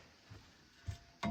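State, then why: Not seated. A pulled-out furniture support is handled and pushed back in during the lounge-to-bed conversion of a 2026 Auto-Sleepers Bourton motorhome. Soft knocks are heard near 0.3 s and 0.9 s, then a sharper, louder knock near 1.2 s at the very end. The support has not yet locked into the lounge/bed frame; nothing has seated or clicked yet.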